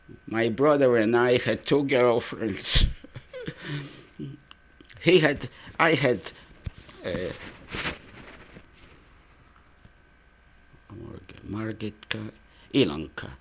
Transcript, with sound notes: my brother and I had two girlfriends. ( he laughs ) He had, I had Margit, Elanca.